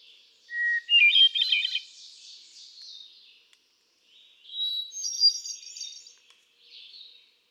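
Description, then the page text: Hermit thrush singing two songs. The first starts on a low pure whistle before tumbling flutey notes. A few seconds later a higher-pitched version follows, both fading with an ethereal echo. Male singing, cycling through a repertoire of about ten different songs; recorded June 13, 2006, at Quabbin Park, Ware, Massachusetts. "Birdsong for the Curious Naturalist. Hermit thrush. Can you hear how he cycles through his repertoire of about ten different songs? June 13, 2006. Quabbin Park, Ware, Massachusetts"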